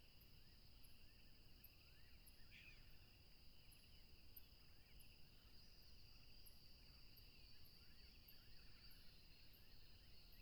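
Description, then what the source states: Crickets in a steady chorus, two continuous high trilling bands, with scattered rising chirps of other callers, sharp high ticks and a low rushing background like flowing water. Crickets recorded along a tropical river.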